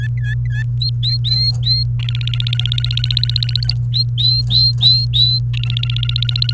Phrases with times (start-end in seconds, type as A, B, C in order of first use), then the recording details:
0.00-0.63 A, 0.81-1.83 B, 1.99-3.74 C, 3.93-5.39 B, 5.54-6.53 C. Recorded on 28 April 2018 at 09:45. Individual llb3